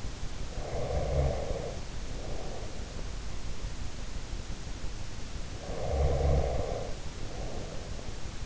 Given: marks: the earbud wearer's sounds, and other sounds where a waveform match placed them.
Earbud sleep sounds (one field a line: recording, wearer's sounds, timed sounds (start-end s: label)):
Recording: sounds in sleep by an in-ear microphone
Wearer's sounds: breath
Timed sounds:
0.33-2.79 s: breath
5.10-8.45 s: breath